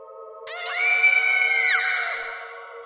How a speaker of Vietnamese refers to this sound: Tiếng con quỷ nhi vang vọng trong đêm, xoáy vào lỗ tai tôi từng đợt đến ghê người. Nó giãy dụa trong sức nóng của kết giới đang bao quanh người nó, trong hình dạng những chiếc xích vàng.